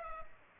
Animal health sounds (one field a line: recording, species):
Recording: mosquito wingbeat signal from an infrared sensor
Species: Culex pipiens